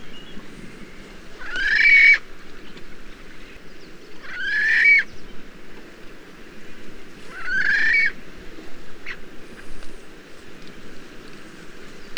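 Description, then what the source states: Magnificent frigatebird grating calls, three harsh bursts about three seconds apart, with constant low background noise between them. Whinnying noises, given on the breeding grounds.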